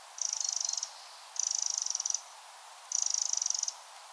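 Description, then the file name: Eurasian wren giving dry, buzzy rattling churrs: three high-pitched, evenly pulsed bursts, each under a second long. "Troglodytes troglodytes"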